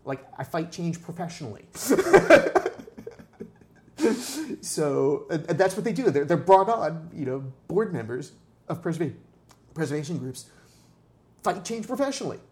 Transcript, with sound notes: I fight change professionally. [laughs] And that’s what they do––they’re brought on as board members of preservation groups––fighting change professionally.